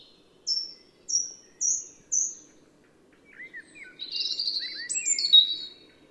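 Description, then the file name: European robin song: four evenly spaced high piping notes, then a quick jumble of varied twitters and whistles. "Erithacus rubecula"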